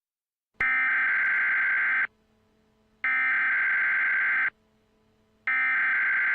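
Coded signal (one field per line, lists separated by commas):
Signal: Emergency Alert System (SAME) tones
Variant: header bursts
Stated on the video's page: Fictional nuclear missile EAS scenario set in Denver, Colorado.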